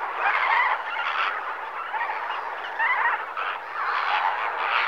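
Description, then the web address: Flamingo flock honking, loud overlapping nasal calls in an unbroken babble that pulses in slight waves. Flock of flamingos recorded in the morning at Lake Nakuru, Kenya, Africa. "The BBC Sound Effects Library (Africa- The Natural World) Flamingoes, morning Lake Nakuru"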